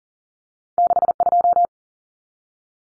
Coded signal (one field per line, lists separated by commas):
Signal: Morse code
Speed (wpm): 40 wpm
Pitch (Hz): 700 Hz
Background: none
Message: 62